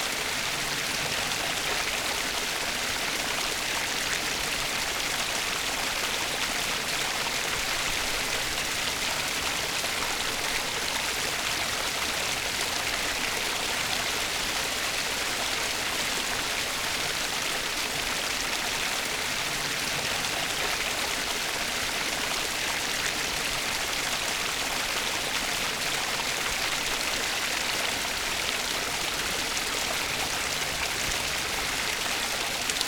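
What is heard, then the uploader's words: A stream flows with a steady, dense rush of water, bright hiss and splashing holding even for the whole stretch. Laying by the Stream Water Sounds.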